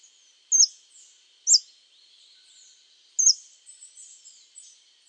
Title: LuckyPassaro Completos2Sama. Scale-throated Hermit (Phaethornis eurynome eurynome (ssp asumed from location))